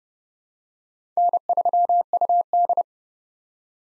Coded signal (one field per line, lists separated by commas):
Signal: Morse code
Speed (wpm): 30 wpm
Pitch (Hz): 700 Hz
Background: none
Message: N3UD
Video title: 2023 POTA Activator Call Signs - 30wpm